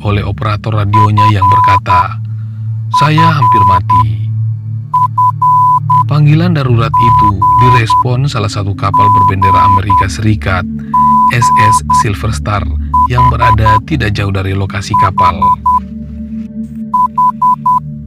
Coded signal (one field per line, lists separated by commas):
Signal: Morse code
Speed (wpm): 10 wpm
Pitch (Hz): 1000 Hz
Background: speech, music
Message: FFFGGGH H H